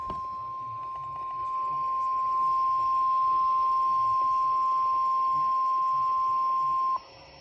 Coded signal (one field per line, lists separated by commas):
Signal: Emergency Alert System (SAME) tones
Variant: 1050 Hz attention tone